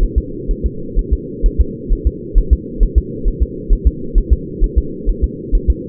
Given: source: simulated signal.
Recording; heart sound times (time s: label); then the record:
fetal heart sounds
0.03 s: S1
0.18 s: S2
0.51 s: S1
0.66 s: S2
0.99 s: S1
1.13 s: S2
1.46 s: S1
1.61 s: S2
1.93 s: S1
2.07 s: S2
2.38 s: S1
2.53 s: S2
2.83 s: S1
2.98 s: S2
3.28 s: S1
3.42 s: S2
3.73 s: S1
3.87 s: S2
4.18 s: S1
4.33 s: S2
4.64 s: S1
4.78 s: S2
5.09 s: S1
5.24 s: S2
5.55 s: S1
5.70 s: S2
From the record:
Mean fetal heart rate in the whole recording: 130 bpm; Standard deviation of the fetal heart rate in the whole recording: 4 bpm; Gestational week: 38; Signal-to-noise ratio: -4.3 dB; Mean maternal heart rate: 72 bpm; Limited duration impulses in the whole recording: absent